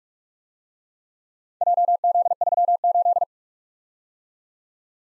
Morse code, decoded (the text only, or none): JZ38